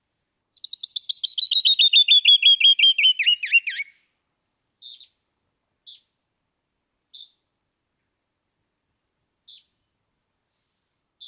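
Canyon wren song: a rapid cascade of clear whistled notes sliding steadily downward for about three seconds, followed by a few soft, scattered single chips.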